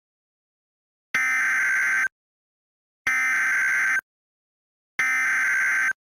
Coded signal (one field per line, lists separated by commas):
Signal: Emergency Alert System (SAME) tones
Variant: header bursts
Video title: IGNITION - WILDFIRE EAS SCENARIO